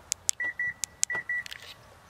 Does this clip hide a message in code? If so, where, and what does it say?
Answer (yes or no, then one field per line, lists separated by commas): no